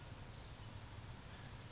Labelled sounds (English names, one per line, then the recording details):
California Towhee
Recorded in Sonoma County, California